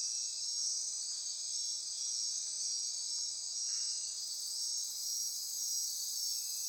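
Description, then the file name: Insects in a dense, steady chorus of high, shrill buzzing and trilling bands. Insect chorus recorded at midnight near Corcovado. "Wind-is-the-Original-Radio-Fridays 20240628 Andy-Martin Midnight-Insect-Chorus-Near-Corcovado"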